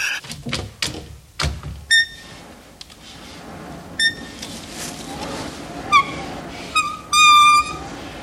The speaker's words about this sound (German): Nun, das Fenster. Ganz behutsam. Dass es nicht wieder wie eine verräterische Elster knarrt. Das Fenster.